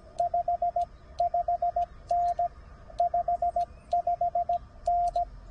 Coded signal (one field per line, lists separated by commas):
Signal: Morse code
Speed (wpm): 16 wpm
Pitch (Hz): 690 Hz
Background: radio noise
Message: 55N 55N